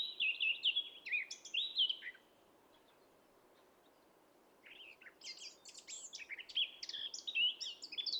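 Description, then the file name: Eurasian blackcap warble: a short whistled phrase, a quiet gap, then a long hurried sequence of varied chirps and whistles. "Sylvia atricapilla"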